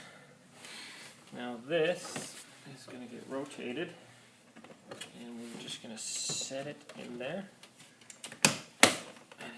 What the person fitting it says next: it snaps into place